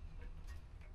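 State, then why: Not seated. Crimped metal contacts are handled near a plastic Anderson Powerpole connector housing while being readied to push into it until they lock. Only low, steady background noise is heard with faint ticking, and no sudden sounds. Nothing has seated or clicked yet.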